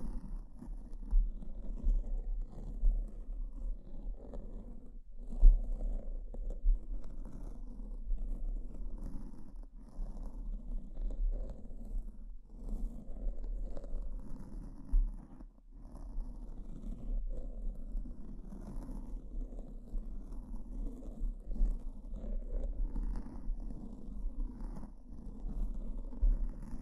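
Brain scratch sounds with no talking: a dense, continuous scratching and rustling texture, muffled and low, over a steady deep rumble. Brief pauses break it near 5, 10 and 15 seconds, with a few sharper scrapes standing out along the way.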